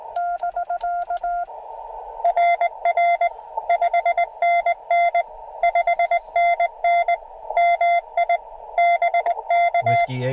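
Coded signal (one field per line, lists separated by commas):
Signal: Morse code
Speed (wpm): 18 wpm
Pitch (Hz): 700 Hz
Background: speech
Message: <BK> RR 5NN 5NN MI BK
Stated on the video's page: CW Parks on the Air activation on 17m from a Jeep, using a Yaesu FT-891 and ATAS-120A antenna on battery power.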